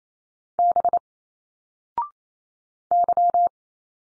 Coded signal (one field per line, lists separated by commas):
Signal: Morse code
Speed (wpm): 28 wpm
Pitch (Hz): 700 Hz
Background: none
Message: B Y